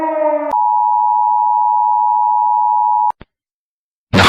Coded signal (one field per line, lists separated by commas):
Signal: Emergency Alert System (SAME) tones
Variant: 853 and 960 Hz attention tone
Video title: Series 1 Of EAS Alarms Animated (FULL COLLECTION)